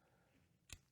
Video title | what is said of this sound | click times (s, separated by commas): Thorneycroft's Lee-Speed Rifle with firearms expert Jonathan Ferguson | and clicks into place. | 0.7 s